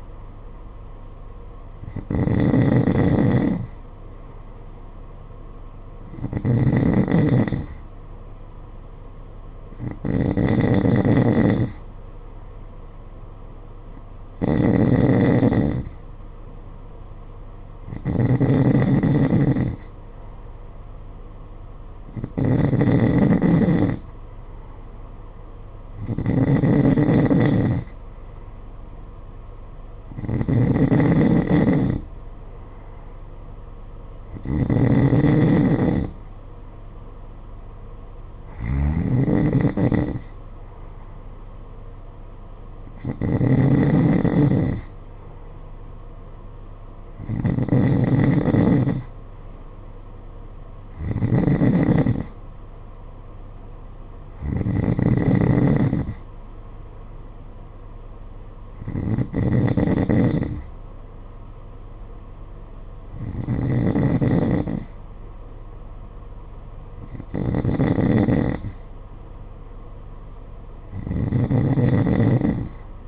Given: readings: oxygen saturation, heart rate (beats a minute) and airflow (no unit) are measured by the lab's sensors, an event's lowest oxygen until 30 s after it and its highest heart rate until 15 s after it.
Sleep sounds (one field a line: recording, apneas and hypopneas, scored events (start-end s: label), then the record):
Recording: breathing in sleep by a smartphone at the bedside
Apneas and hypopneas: none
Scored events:
none scored
From the record:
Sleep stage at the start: N3 (deep sleep)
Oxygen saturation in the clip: 91 to 93%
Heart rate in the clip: 51 to 56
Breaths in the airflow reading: 18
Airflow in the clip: -7.9 to 7.3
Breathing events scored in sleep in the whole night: 476 in 9.7 hours asleep